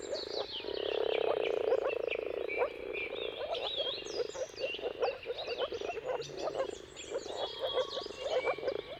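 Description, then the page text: Moor frog mating chorus: low, gurgling calls build in a loud swell near the start, then continue beneath bright bird song. Many moor frogs giving mating calls at sunrise in a dawn chorus, around the turn of March and April, timing depending on the weather. "Jakub-Orzecki moor frogs. Dawn’s Chorus: Mating Calls of Marsh Frogs at Sunrise. Depending on the weather at the turn of March and April, you can witness an amazing spectacle of moor frogs"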